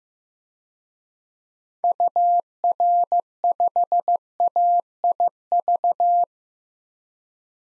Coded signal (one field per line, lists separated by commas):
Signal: Morse code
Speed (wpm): 15 wpm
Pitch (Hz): 700 Hz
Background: none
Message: UR5AIV